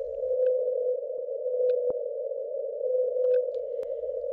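52-hertz whale song, sped up: a steady, unbroken tonal hum held at one pitch throughout, with a few faint clicks and brief higher blips scattered over it.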